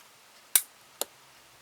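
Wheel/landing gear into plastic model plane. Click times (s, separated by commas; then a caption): 0.6 s, 1.0 s. Landing gear wheels are pressed by hand into a Tiger Model Curtiss P-40 Warhawk plastic model kit plane. Two sharp, bright snaps ring out at 0.6 s and 1.0 s against a quiet background, the first louder than the second. The landing gear is seated, snapped into place.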